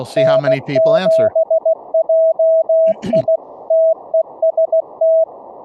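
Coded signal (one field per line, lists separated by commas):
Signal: Morse code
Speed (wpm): 16 wpm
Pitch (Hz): 650 Hz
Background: speech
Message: N7JI TEST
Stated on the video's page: Morse code class session, part 10 of 12.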